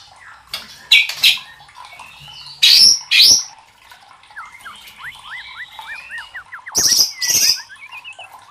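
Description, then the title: White-rumped shama song: loud harsh chattering bursts alternating with a quick run of thin, rising and falling whistled notes, with brief pauses between phrases. Masteran training recording for caged birds, labelled Labaik. "MURAI BATU LABAIK"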